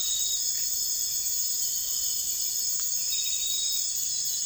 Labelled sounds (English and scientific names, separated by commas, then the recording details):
none
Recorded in dense forest near Puerto Asís, Putumayo, Colombia, on 21 December 2024 at 00:30
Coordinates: 0.484, -76.317
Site G026